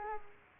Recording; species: mosquito wingbeat signal from an infrared sensor; Culex quinquefasciatus